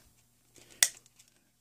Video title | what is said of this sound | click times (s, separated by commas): Mousetrap Car - 3d Printed | it will snap right in if it's too snug and you can't get the snapping without breaking the CD you | 0.8 s